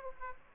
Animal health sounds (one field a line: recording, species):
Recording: mosquito wingbeat signal from an infrared sensor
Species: Aedes aegypti